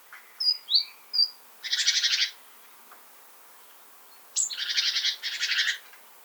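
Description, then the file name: Great tit giving a few thin high sharp notes, then a rattling buzzy churr, a pause, and two more grating scold bursts close together. "Parus major"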